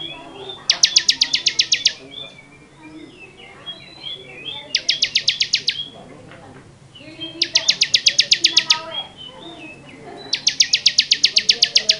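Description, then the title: Bar-winged prinia song: four bursts of rapid, dry, ticking notes, each lasting a second or so, repeated every few seconds over a busy background of soft chirps and whistles. Song described as 'ngebren'; long-duration recording. "Suara Ciblek Semi. Ciblek Semi Ngebren"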